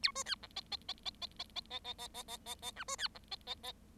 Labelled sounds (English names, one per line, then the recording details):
Bengalese Finch song
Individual Bird7